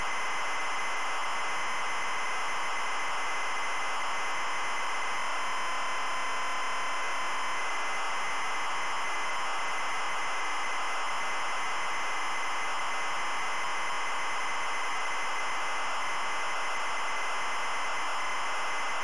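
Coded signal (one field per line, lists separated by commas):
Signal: ZX Spectrum tape loading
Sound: continuous harsh buzzing data screech with a brief steady tone in the middle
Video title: ZX SPECTRUM Loading AirWolf Elite Systems Ltd. 1984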